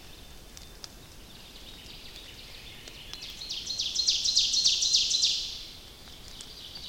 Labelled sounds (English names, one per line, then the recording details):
Ovenbird song
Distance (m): 50 m
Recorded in boreal forest in Alberta, Canada, on 29 May 2016 at 06:51
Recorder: SongMeter 3, array SBT-3-49
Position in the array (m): 73 m, 257 m
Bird 14